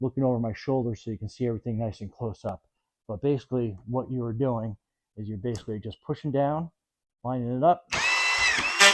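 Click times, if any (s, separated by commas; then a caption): none. Someone talks while a VEVOR 20V Max cordless brushless auto-feed collated drywall screw gun (4200 RPM) is pushed down and lined up to drive a collated drywall screw into a drywall panel. From about 7.9 s to the end, the screw gun whirs loudly. The clip ends with the screw still not home; nothing has seated yet.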